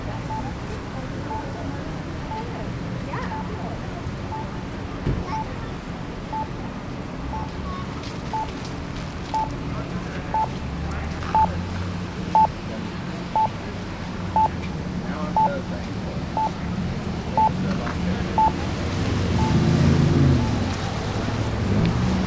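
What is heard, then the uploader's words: A busy street corner with a steady low rumble of traffic. A crossing signal beeps at a regular pace, about once a second, for most of the clip, then stops. Near the end a vehicle passes and the rumble swells. Corner of Rideau and Sussex Street.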